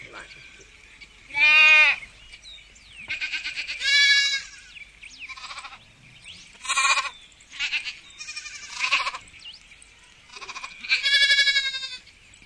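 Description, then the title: Sheep giving a series of quavering bleats of varying loudness, some short and clipped, with light background noise. Processed as 3D audio, meant for headphone listening. "[3D音效] 绵羊咩咩咩"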